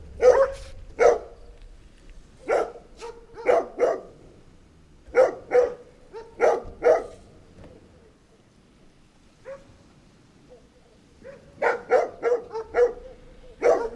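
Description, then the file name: Dog giving loud barks, often in pairs, falling quiet for a few seconds midway, then resuming with a fast run of barks. Dog attack. "kopek saldirisi"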